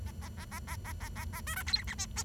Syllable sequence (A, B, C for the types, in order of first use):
A A A A A A A A A B C D E F G